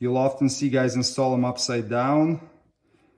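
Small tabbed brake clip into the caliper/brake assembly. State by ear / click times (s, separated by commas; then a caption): not seated / none. A small tabbed brake hardware clip is being handled for fitting into a cutout on the rear caliper/brake assembly of a 2016–2022 Lexus RX350 or RX450h during a rear brake pad and rotor replacement. Someone talks throughout, and the speech fades out near the end. Nothing has seated or clicked yet.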